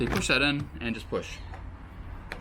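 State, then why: Seated. Someone talks while pushing a removable battery pack into its slot on a Walnutt Spectra-X electric skateboard. A short, sharp click sounds at 2.3 s as the battery seats and is confirmed in.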